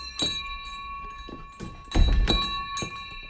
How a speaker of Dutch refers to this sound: Waar vind je nog zo'n mooie bel?